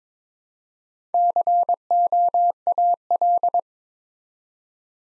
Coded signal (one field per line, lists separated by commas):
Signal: Morse code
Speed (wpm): 23 wpm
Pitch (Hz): 700 Hz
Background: none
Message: COAL